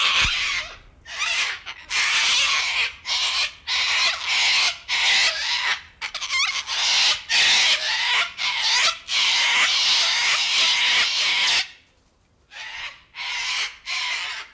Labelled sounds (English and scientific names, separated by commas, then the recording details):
Sulphur-crested Cockatoo (Cacatua galerita) call
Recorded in captivity
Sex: diverse
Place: Zoo Berlin, Berlin, DE
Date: 1996-03-13 15:35
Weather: bedeckt, 2°C
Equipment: Sony WM-D6C, Sennheiser ME 80, Kopie Uher 4000 Report Monitor
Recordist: Tembrock, Günter